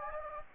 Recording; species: mosquito wingbeat signal from an infrared sensor; Anopheles gambiae